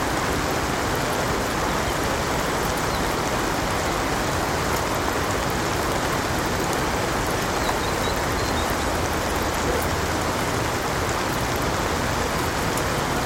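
Soft rain falls steadily on a houseboat and the nearby waterway, a dense, even hiss of fine drops spread across low and bright tones. Small taps and ticks scatter throughout, with a faint low rumble underneath that could be the distant city.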